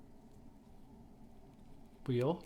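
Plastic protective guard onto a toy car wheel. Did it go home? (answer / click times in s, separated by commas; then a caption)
no / none. A plastic protective guard is slid over the top of a wheel on a Matchbox 73a RAF 10 Ton Pressure Refueller toy during restoration and lined up, so the wheel is protected and the grinding stone won't touch it. Quiet low handling noise runs for about two seconds, then someone talks briefly from around 2.1 s. Nothing has seated or clicked yet; the guard is only in position before being pushed home.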